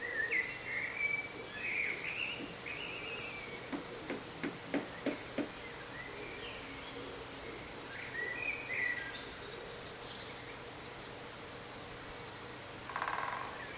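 Bird delivering whistled warbling phrases early and again later, with a run of soft tapping knocks in between and a brief rushing noise near the end.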